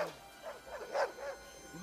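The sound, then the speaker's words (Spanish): A dog lets out a few short, sharp barks in quick succession, the loudest in the middle, fairly faint overall with a soft yip toward the end. “¿Qué diablo sucede con ese perro?”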